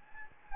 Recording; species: mosquito wingbeat signal from an infrared sensor; Anopheles gambiae